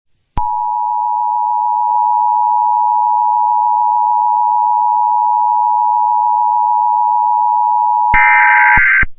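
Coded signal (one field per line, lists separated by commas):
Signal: Emergency Alert System (SAME) tones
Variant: 853 and 960 Hz attention tone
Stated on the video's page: Fictional zombie EAS scenario, a simulated alert rather than a real broadcast.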